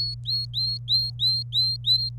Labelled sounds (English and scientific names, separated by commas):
Domestic Canary (Serinus canaria) song